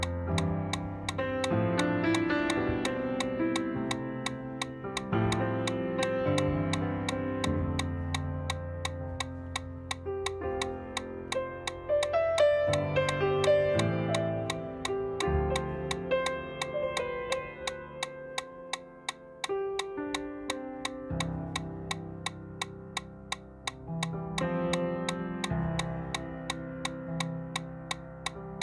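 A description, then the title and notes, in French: A metronome ticks at a fast, even pace of 170 beats per minute for running, each sharp click landing on the beat without pause. Beneath it plays music with sustained, shifting chords and a steady low bass, changing every few seconds. La séance vous permet d’avoir un métronome pour courir à une cadence de 170 pas par minute pendant 1 heure.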